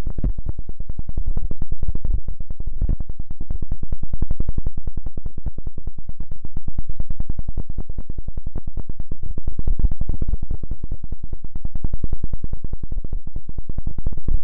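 Ultra-fine ear touching heard as a rapid, even stream of soft taps or rubbing strokes, packed closely together for the whole length. The sound sits low and muffled with little brightness, and its loudness swells and eases gently every few seconds.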